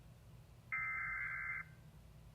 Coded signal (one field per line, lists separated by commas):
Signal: Emergency Alert System (SAME) tones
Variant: header bursts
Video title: TORNADO WARNING MAJOR FAIL I lost my mind.. (EAS #84)